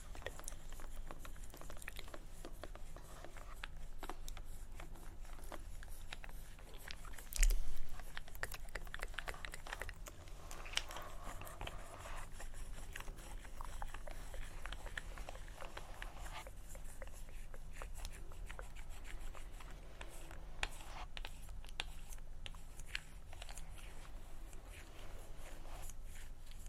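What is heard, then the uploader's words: Layered scratching and quick tapping, with soft clicking mouth sounds woven through. The crisp, bright texture stays dense and steady throughout, with a brief louder burst around seven seconds and scattered sharper taps later on. ASMR Extremely Tingly Layered Sounds For Sleep (Scratching, Tktk, Mouth Sounds, Tapping).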